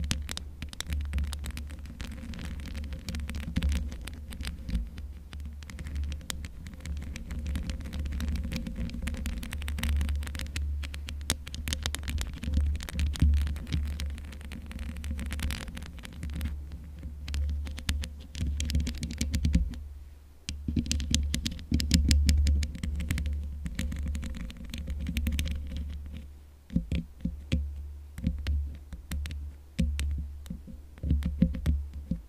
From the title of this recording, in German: Mic Scratching ohne Popschutz